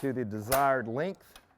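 Someone talks while handling the length-adjust locking lever on a scoop stretcher that has been extended to the desired length, with faint metallic handling sounds in the background. Nothing has seated or clicked yet.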